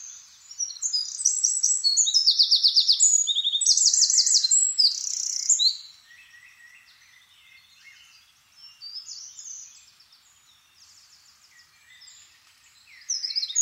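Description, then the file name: Eurasian wren song, a piercing stream of quick trills and sharp notes lasting about five seconds, then softer twitters, with a loud phrase returning at the end. "Troglodytes troglodytes"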